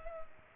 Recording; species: mosquito wingbeat signal from an infrared sensor; Culex pipiens